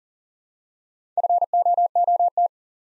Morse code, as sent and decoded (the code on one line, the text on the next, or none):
..-. --- --- -
FOOT